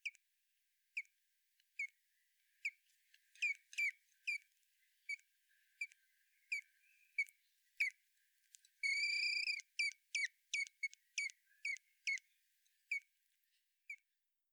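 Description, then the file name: Common blackbird giving sharp metallic chink calls, repeated at irregular intervals, with one longer squealing note midway. "Turdus merula"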